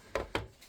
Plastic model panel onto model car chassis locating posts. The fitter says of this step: Well, they snap into place for now.